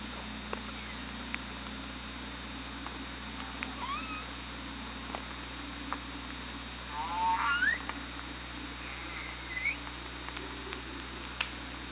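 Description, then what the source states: Killer whale calls: a rapid series of rising tonal sweeps around the middle and a later short upward note, with scattered clicks over steady hum. Hydrophone recording from OrcaLab, made 24 August 2017 at about 16:32.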